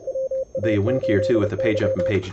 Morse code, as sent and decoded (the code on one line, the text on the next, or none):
.-- .- ---.. -.--
WA8Y